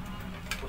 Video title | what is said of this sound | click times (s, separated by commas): How to Clean IBT Belt In Xerox Workcenter 7855 7845 7835 | बाद ये यहां लग के लॉक हो जाता है इस | 0.5 s